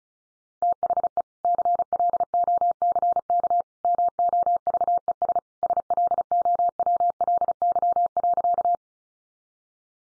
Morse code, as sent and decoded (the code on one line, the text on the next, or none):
- .... . / -.-. .-.. --- -.-. -.- / -- --- ...- . ... / ... .-.. --- .-- .-.. -.-- .-.-.-
THE CLOCK MOVES SLOWLY.